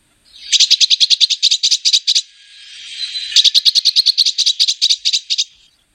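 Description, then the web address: Eurasian blue tit song: two fast, dry trills of rapidly repeated bright notes, each lasting about two seconds, separated by a brief pause. "Voegel Blaumeise"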